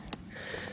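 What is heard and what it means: A plastic wiring harness connector is pushed back onto the base of a newly installed headlight bulb on a 2010 Honda Pilot. A faint tick and then a sharp click at 0.1 s mark the connector seating, followed by soft, breathy hiss. The connector is confirmed seated.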